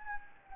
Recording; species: mosquito wingbeat signal from an infrared sensor; Anopheles gambiae